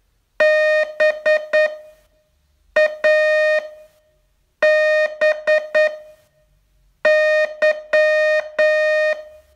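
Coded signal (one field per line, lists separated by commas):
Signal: Morse code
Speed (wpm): 9 wpm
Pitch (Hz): 620 Hz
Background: music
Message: BABY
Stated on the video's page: Morse training test from a 42-day course, day 37.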